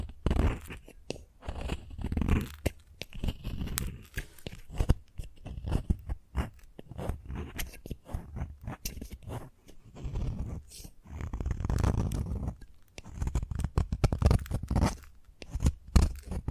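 Chalk scraping and tapping in a dense, uneven run of short strokes, with rough scratches and sharp taps following each other quickly for the whole stretch. The sound sits mostly low with gritty upper edges, swelling into longer grinding passes around the middle and near the end.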